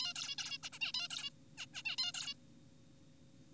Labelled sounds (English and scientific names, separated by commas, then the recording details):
Zebra Finch (Taeniopygia guttata)
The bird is an adult
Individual g4p5U